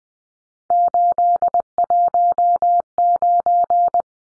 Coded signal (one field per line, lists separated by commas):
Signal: Morse code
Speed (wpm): 20 wpm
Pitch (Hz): 700 Hz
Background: none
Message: 819